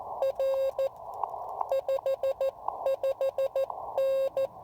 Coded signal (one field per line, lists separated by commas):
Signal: Morse code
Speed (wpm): 15 wpm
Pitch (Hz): 530 Hz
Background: none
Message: R 55N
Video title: POTA activation with the Elecraft KX3 and AX1 Antenna: How far can I shoot my 10 watt signal?